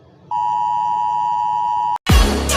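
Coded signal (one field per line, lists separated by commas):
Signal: Emergency Alert System (SAME) tones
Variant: 853 and 960 Hz attention tone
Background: music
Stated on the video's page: Fake EAS alert.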